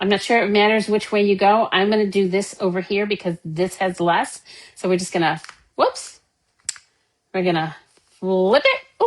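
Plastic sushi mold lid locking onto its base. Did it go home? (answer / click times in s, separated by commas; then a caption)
no / none. A plastic sushi-making mold is flipped and handled as its lid is brought toward its base, while someone talks throughout. A brief sharp tap sounds near 6.7 s during a quiet gap, but nothing has seated or clicked yet.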